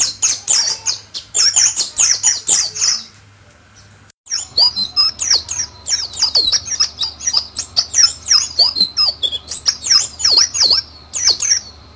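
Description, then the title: White-eye song: rapid high twittering phrases of slurred chirps, a brief pause near four seconds, then a longer, denser run of tumbling notes. Pleci 'Mr. Kebo', Malang, East Java. "Pleci Mr. Kebo Malang - Jawa Timur"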